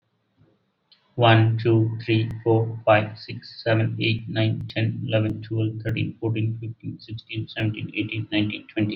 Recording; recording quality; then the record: counting at a fast pace; excellent, no background noise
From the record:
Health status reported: exposed to COVID-19, no respiratory illness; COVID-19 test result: not tested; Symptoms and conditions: none ticked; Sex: male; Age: 44 years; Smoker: not ticked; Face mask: not worn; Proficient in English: yes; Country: India